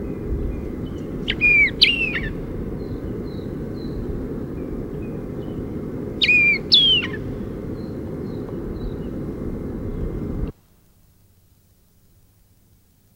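White-crowned Wheatear giving two short phrases of clear whistled notes mixed with sharp chirps, several seconds apart, over a constant low engine rumble that suddenly stops.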